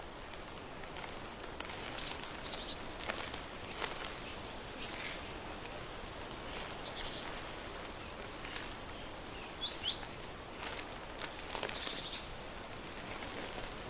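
Autumn porch sounds: a steady low rustle runs throughout, dense and even, with faint pattering. Short bright bird chirps break in every second or two, clustering around ten to twelve seconds, where a few sharper clicks also stand out.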